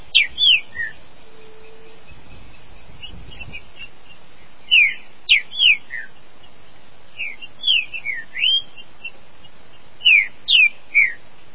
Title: Trinca Ferro